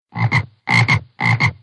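Frog croaking: three rough croaks, each split into two quick pulses, separated by brief silences.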